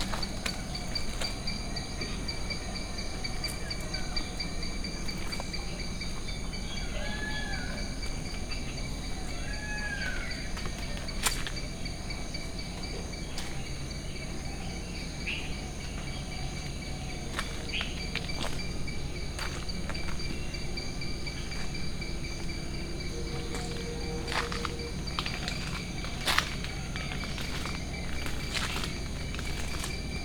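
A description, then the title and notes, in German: Dense jungle ambience with a steady, shrill insect drone, a low rumble underneath, scattered bird calls and occasional sharp cracks of branches. Immersive Binaural 3D Sounds of Haritha Villas+Spa - Hikkaduwa, Sri Lanka. Die akustische Welt des Dschungels.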